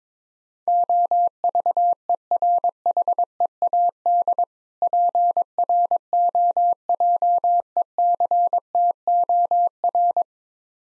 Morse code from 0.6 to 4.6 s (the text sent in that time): OVERHEAD